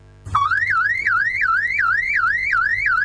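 alarm ringing

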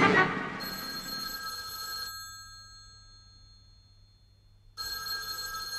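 telephone ringing

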